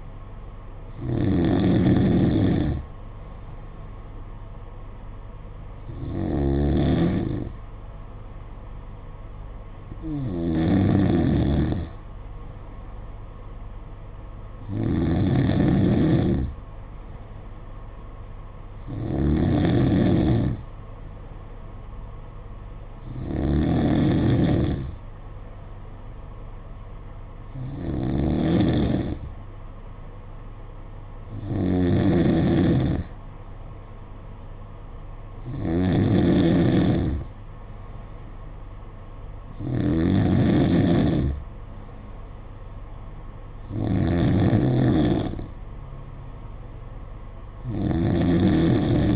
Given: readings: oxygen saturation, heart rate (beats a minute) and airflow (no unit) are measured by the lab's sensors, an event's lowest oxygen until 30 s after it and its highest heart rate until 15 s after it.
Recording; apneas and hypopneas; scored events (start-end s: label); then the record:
breathing in sleep by a smartphone at the bedside; none
24.00-49.16 s: new sleep stage, N3 (deep sleep)
From the record:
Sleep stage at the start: N2 (light sleep); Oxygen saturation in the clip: 93 to 94%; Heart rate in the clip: 54 to 58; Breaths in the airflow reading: 11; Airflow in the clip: -4.9 to 4.0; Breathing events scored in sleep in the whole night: 476 in 9.7 hours asleep